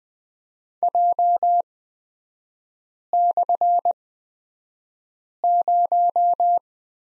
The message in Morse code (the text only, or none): J/0